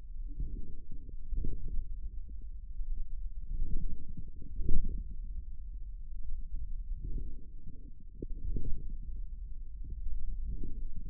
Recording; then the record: forearm muscle sounds (acoustic myography)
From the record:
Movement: forearm pronation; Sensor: system 1, eight BSWA MPA416 microphones around the upper forearm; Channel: 8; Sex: male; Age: 41 years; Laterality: right